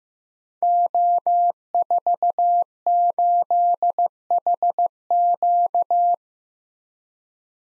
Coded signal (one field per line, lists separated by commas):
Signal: Morse code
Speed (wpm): 15 wpm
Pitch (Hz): 700 Hz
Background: none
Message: O48HQ